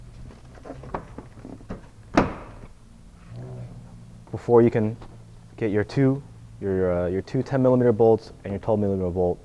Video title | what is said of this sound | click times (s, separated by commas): Hyundai Elantra HID - How to Install HID Xenon 2011+ | that have to snap into place | 1.0 s, 2.2 s